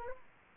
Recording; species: mosquito wingbeat signal from an infrared sensor; Culex quinquefasciatus